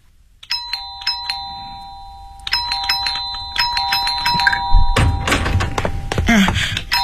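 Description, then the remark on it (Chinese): An electronic doorbell at the door of a home, pressed again and again, chimes over and over in bright, steady tones, with short gaps between bursts of ringing, followed by some knocking and shuffling noises toward the end. “你不要老是摁门铃，好吧？”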